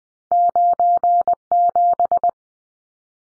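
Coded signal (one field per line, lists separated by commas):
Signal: Morse code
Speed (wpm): 20 wpm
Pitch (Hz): 700 Hz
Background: none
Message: 97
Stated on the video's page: Head-copy drill of two-digit numbers sent in Morse at 20 wpm, each sent, spoken, then sent again.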